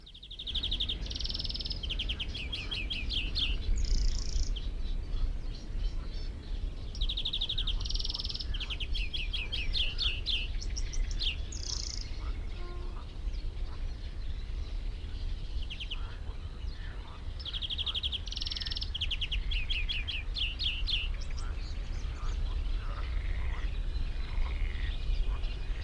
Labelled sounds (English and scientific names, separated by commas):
European Greenfinch (Chloris chloris)